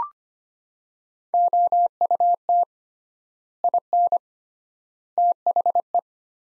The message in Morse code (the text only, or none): OUT IN THE